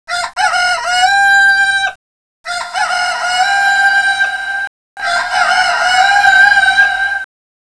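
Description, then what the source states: Chicken: rooster crowing, three long harmonic-rich cock-a-doodle-doo calls, each about two seconds, separated by short silences; no other sounds. Male (rooster).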